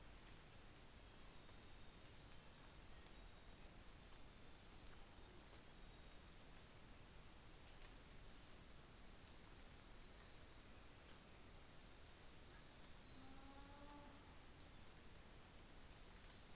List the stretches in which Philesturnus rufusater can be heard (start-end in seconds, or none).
none